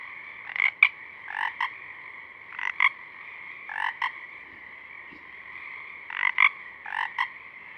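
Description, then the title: Pacific chorus frogs giving clear two-note croaks in quick clusters, spaced by short pauses, above a constant humming chorus of other frogs. A few Pacific chorus frogs singing at dusk; recorded through a parabolic reflector, simultaneously with a double mid-side rig 50 feet away. "Pacific Chorus Frogs (Pseudacris regilla), dusk, Parabolic"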